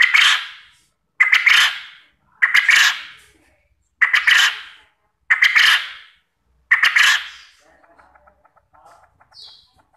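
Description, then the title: Quail calls: six loud bursts in a fairly regular series, then quieter rapid ticking notes and a brief high chirp. Quail call used as a lure to get quail to answer and call actively. "Burung Puyuh Mana Yang Tidak Nyaut Dan Gacor Dengan Pancingan Ini"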